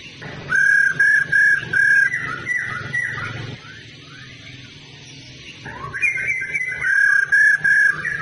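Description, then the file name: Laughingthrush song: a quick chain of clear whistles, a quiet gap of about two seconds, then another slightly higher whistled chain, over low humming noise. Female bird; sound used to stimulate male birds to sing. "Tieng khuou mai ro kich trong hot"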